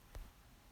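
A click-type torque wrench tightens the intake manifold bolts on a Subaru WRX to about 16 ft-lb with even, steady pressure. A single short click sounds at 0.1 s, followed by a low thud through about 0.3 s over quiet background noise. The wrench reaches its torque setting and the manifold is confirmed re-torqued.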